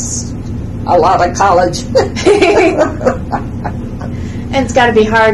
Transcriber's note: laughs